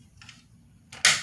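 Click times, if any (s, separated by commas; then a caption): 1.1 s. A screw in the cab hinge of a Tamiya Globe Liner RC model truck is turned in a little further until its metal head meets the magnet in the cab. After faint, soft scraping, a sharp, bright snap at 1.1 s marks the screw head seating against the magnet, the wanted result.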